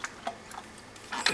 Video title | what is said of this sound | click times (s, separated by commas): CVS Humidifier- Review: Warm Moisture Humidifiers vs Cool Moisture | anyway that's uh that clicks into place as I said and you literally just place the unit on the top | 1.3 s